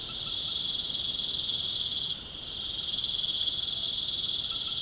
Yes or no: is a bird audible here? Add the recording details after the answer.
no. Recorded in pastures near Puerto Asís, Putumayo, Colombia, on 30 June 2025 at 19:30. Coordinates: 0.497, -76.327. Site G040